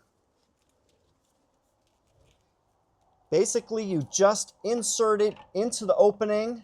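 A Lectron WiFi L2 40 Amp EV charger unit is being inserted into the opening of its wall-mount bracket. After about three seconds of near silence with a faint brief tick near 2.3 s, someone talks for the rest of the clip. The charger has not snapped into place yet, and no click has been heard.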